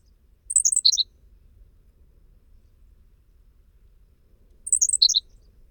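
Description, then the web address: Henslow's sparrow song: a very brief, high, hiccuping two-part chirp given twice, about four seconds apart, with quiet pauses between. North America. "Songs of Birds of North America Know Your Bird Sounds Common Western Species. Henslows Sparrow"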